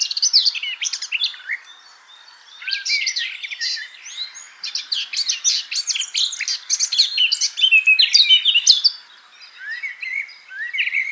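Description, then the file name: Eurasian blackcap warbling in dense bursts of quick, scratchy, high twittering notes, a pause near two seconds, then a long run of varied chatter. "Sylvia atricapilla"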